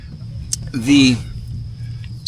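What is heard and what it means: The side plate of a KastKing Deadbolt baitcasting reel is put back on over the brake assembly and snaps shut with a single sharp click at 0.5 s. Someone talks, and a fainter tick follows near 2.0 s. The side plate is seated closed.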